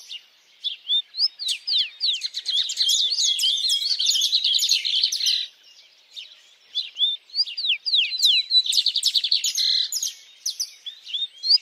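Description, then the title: Birds singing a dense, jumbled song of rapid twittering notes in two long bursts, separated by a short pause. Birds singing at dawn. "Pássaros Cantando No Amanhecer"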